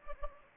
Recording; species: mosquito wingbeat signal from an infrared sensor; Anopheles gambiae